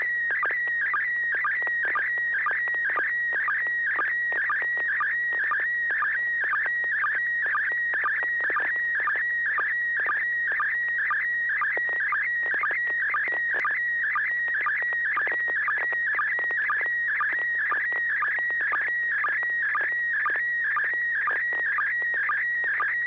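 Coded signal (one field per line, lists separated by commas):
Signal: SSTV (slow-scan television)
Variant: PD120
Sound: steady warbling, buzzing tone with rhythmic low chirps about twice a second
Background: low mains hum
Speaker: this is going to be PD 120, November 6 Hotel Alpha.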